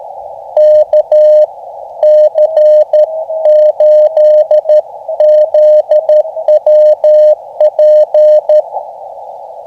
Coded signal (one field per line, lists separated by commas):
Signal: Morse code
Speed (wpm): 13 wpm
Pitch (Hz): 610 Hz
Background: none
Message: KC8ZWP